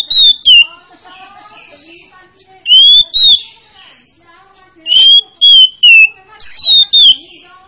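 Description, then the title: Oriental magpie-robin song of short whistled phrases, each a few clear slurred notes, repeated at intervals. Lure to make a reluctant magpie-robin (kacer) that is lazy to sing start singing. "Pancingan Kacer Yg Malas Bunyi"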